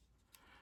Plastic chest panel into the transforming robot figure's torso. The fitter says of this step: want to push this one in till it clicks in.